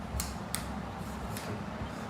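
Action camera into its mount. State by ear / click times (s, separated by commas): not seated / none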